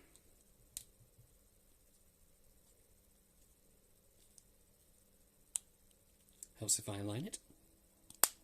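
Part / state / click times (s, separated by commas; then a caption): plastic brick part onto brick model / seated / 8.2 s. After a misaligned try, a plastic toy brick part for the other side of a LEGO Transformers Bumblebee brick model is lined up and pressed on, with faint plastic ticks and a sharp click at 5.6 s while someone talks. The part then snaps on with a loud, sharp snap at 8.2 s and is seated, which is confirmed.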